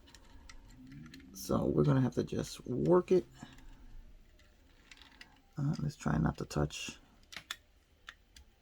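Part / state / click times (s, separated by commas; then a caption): plastic model roll cage into the car body/bulkhead of a scale model kit / seated / 7.5 s. The plastic roll cage of a Revell Corvette C7R cancer awareness scale model kit is worked into its mounting points against the rear bulkhead of the car body while someone talks, with faint plastic ticks as it is pressed. A sharp snap at 7.5 s marks the cage seating in place, followed by a few lighter ticks.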